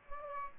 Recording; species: mosquito wingbeat signal from an infrared sensor; Aedes aegypti